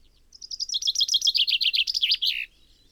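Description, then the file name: Common chaffinch singing one phrase, rapid repeated notes falling through the series and ending in a loud terminal flourish. "Fringilla coelebs"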